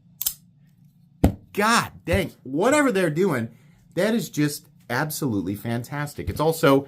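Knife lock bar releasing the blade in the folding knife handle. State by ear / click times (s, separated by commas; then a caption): released / 0.2 s, 0.3 s. A folding knife's lock bar is disengaged to let the blade fall shut, and the release of the blade gives a sharp double click at 0.2 and 0.3 seconds. A loud hit follows at 1.2 seconds, and someone then talks.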